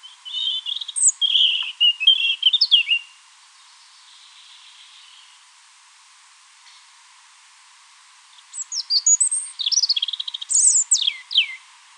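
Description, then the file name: European robin song in two bursts, each a run of high, thin whistles, quick slurred notes and trills, with several seconds of silence between them. "Erithacus rubecula"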